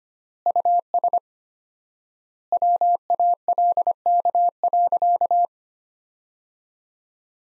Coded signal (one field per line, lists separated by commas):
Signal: Morse code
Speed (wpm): 25 wpm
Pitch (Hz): 700 Hz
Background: none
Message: US WALK.